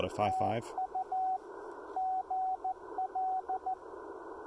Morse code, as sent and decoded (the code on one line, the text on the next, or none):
- ..- / --. .-..
TU GL